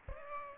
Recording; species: mosquito wingbeat signal from an infrared sensor; Aedes aegypti